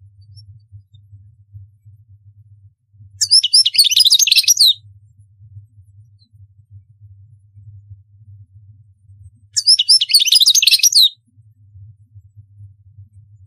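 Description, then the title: European goldfinch song: two bursts of rapid twittering, tinkling notes about a second and a half long, separated by several seconds of quiet with a low steady hum underneath. "Chant Chardonneret"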